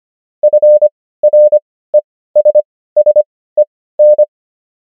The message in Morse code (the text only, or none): FRESSEN